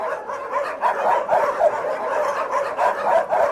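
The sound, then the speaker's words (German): A dense chorus of many dogs barking and yipping at once at Moscow's largest animal shelter, on the city's outskirts, where nearly 3000 dogs are kept in cages; overlapping continuously with no pauses, a steady mid-pitched clamor of barks and occasional whimpers. “Man hört ihn schon aus der Ferne, den Sound von Moskaus größtem Tierheim.”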